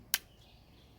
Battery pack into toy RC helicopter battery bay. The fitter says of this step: Push it snug. And then you want to push it up till you hear it click in place.